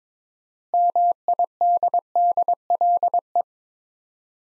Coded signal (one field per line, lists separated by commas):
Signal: Morse code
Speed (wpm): 22 wpm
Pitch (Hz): 700 Hz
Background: none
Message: MIDDLE